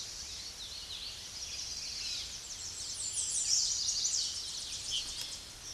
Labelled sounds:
American Redstart song
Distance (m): 25 m
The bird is about 10 m above the microphone
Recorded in a Pennsylvania forest on 16 May 2024 at 06:55
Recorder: AudioMoth, point MSD-0230
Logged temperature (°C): 15.3 °C
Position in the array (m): 49 m, 226 m

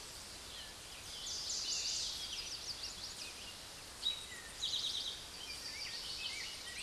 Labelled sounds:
Eastern Towhee song
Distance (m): 40 m
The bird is about 25 m above the microphone
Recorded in a Pennsylvania forest on 16 May 2024 at 09:31
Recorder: AudioMoth, point MSD-1534
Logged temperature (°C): 15.6 °C
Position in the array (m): 66 m, 8 m

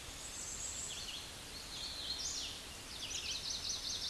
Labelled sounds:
Hooded Warbler song
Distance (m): 45 m
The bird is about 10 m above the microphone
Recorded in a Pennsylvania forest on 16 May 2024 at 08:09
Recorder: AudioMoth, point MSD-2181
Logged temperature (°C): 12.8 °C
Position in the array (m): 174 m, 71 m

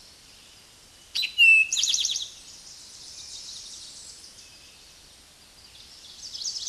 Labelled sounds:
Eastern Towhee song
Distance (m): 5 m
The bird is about level with the microphone
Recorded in a Pennsylvania forest on 16 May 2024 at 06:00
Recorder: AudioMoth, point MSD-2166
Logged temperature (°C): 16.3 °C
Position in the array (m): 110 m, 5 m

